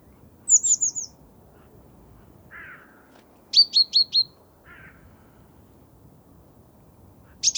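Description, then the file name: Great tit calls: a run of very high slurred notes, a rasping buzzy note, four sharp high notes in quick succession, then another harsh buzz and a final high note. "Parus major"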